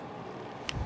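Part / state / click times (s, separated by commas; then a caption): pin on the underside of a shotgun bolt, going into its spot on the bolt / seated / 0.7 s. A pin on the underside of a J.C. Higgins shotgun bolt is worked back to its original position against quiet background noise. A single sharp click sounds at 0.7 s as the pin snaps back into its spot on the bolt. The pin is seated.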